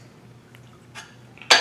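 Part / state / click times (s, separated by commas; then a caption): magnetic steady rest onto lathe bed / seated / 1.5 s. A height-adjustable magnetic stem support (steady rest) is set onto a metal lathe bed to keep a thin stem from whipping. After quiet, faint small contact sounds, its magnets pull it down with a loud, sharp metallic snap at 1.5 s, and it seats firmly in place and holds.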